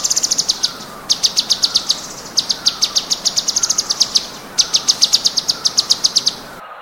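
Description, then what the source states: Cucak cungkok song in quick runs of sharp, high ticking pulses, repeated after brief gaps, with a low hiss behind. Rapid-fire 'tembakan' song style, presented as a master recording for training songbirds.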